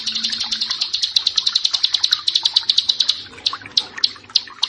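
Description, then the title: Bar-winged prinia song, fast sharp high chirps in a rapid run that slows into spaced single notes near the end. "Ciblek Sawah"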